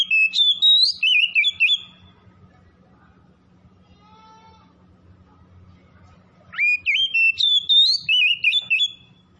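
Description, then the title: Oriental magpie-robin song: two bursts of loud, varied whistled notes, rising and warbling, separated by a quiet gap of several seconds over a low steady hum. "Kacer Tretes"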